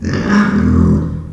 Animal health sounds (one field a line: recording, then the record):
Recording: squeal of a Yucatan mini pig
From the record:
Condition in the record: after surgery on the right vocal fold (resection and tissue-engineered implant)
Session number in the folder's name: 13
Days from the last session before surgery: 113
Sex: female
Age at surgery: 19 weeks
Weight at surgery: 25 kg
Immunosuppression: prednisolone